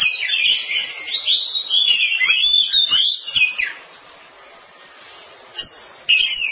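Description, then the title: Oriental magpie-robin song: rich rapid warbling for about three and a half seconds, then near silence before two short whistled notes. Song of long duration. "Kacer Durasi Panjang"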